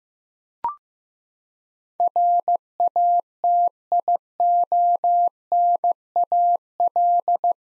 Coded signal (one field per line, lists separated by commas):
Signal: Morse code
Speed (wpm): 15 wpm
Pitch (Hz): 700 Hz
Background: none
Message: RATIONAL